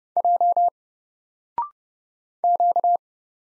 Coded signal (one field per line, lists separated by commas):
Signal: Morse code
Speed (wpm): 30 wpm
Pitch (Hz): 700 Hz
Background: none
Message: J Q